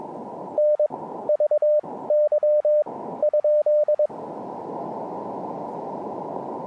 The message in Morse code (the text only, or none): N VY?